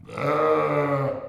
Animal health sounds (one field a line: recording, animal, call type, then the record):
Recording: contact call of a hoofed animal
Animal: sheep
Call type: low-frequency (closed-mouth) or high-frequency (open-mouth) call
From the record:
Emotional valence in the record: negative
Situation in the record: short social isolation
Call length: 1.28 s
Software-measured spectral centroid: 1350 Hz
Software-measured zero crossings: 1420 a second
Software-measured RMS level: -23 dBFS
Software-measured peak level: -9 dBFS